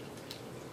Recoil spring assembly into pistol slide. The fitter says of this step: hear a little click when it engages in the front so just make sure you hear that make